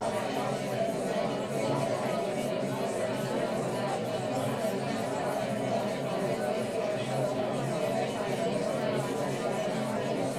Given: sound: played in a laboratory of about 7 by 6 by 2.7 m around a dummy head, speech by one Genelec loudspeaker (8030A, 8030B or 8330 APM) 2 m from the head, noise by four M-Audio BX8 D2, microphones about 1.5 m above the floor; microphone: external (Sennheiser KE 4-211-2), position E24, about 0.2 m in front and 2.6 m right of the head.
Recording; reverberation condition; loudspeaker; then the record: babble noise; low; four, about 170 cm from the corners of the room and facing them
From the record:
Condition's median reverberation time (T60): about 310 ms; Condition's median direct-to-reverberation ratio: about 3.5 dB